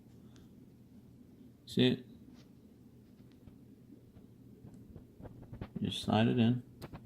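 A SIM/memory card tray is slid back into the side of a Samsung Galaxy S9+ smartphone frame while someone talks, with a few faint ticks and handling noises. The tray has not seated or clicked into place yet by the end of the clip.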